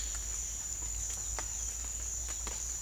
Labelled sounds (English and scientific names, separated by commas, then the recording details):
none
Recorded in secondary vegetation near Puerto Asís, Putumayo, Colombia, on 21 December 2024 at 08:00
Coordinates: 0.488, -76.319
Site GP04